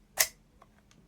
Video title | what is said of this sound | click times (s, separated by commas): Guns Modify PMag for the MWS (Marui) | that click there what that means is it means it will lock the follower and then when you put the mag back together | 0.2 s